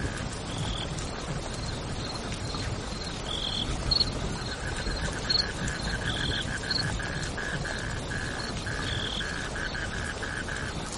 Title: suara Hujan Guntur Suara Jangkrik Dan Burung